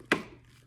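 A plastic helmet light snaps back onto its helmet mount with one sharp snap at 0.1 seconds, seating it in place. The crisp click rings briefly and fades into a low steady background hum.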